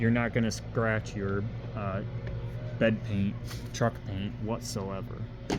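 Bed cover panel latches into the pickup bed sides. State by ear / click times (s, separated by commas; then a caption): not seated / none. A bed cover panel on a 2023 Ford Maverick pickup, which covers the bed paint up into the rear window, is being handled before it is lowered so its side latches can click into the pickup bed sides. Someone talks over a steady low hum, and no latch has clicked or seated yet.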